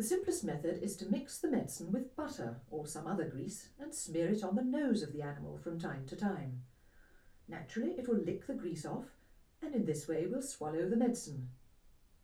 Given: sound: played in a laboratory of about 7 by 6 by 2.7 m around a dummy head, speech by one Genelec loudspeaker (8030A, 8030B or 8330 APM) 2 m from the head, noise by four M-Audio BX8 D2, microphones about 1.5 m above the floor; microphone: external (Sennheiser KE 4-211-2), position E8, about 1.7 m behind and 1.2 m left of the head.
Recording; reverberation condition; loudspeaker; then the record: female speech in English; low; 120 degrees to the right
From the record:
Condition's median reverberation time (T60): about 310 ms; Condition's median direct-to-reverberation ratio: about 3.5 dB